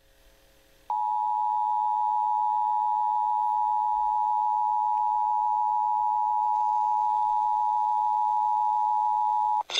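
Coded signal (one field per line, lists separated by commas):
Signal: Emergency Alert System (SAME) tones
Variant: 853 and 960 Hz attention tone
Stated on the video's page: Kansas statewide Required Monthly Test relayed by stations in Topeka and Great Bend, with WeatherSTAR 4000.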